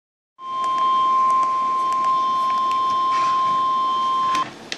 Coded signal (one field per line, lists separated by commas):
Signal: Emergency Alert System (SAME) tones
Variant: 1050 Hz attention tone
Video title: Another Flood Warning (EAS #370)